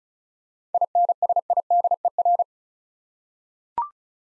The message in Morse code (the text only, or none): INSIDER